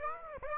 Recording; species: mosquito wingbeat signal from an infrared sensor; Aedes aegypti